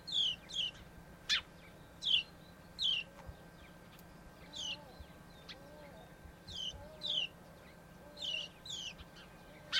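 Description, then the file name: House sparrow chirping in short bursts, some notes paired, with fainter overlapping calls and low background noise. "Passer domesticus"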